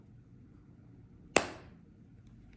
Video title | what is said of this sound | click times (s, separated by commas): BUY IT NOW!Antique/Vintage jewelry PRICES IN PINNED COMMENTS jandapanda@comcast.net | Okay, let's feel hear the snap. | 1.4 s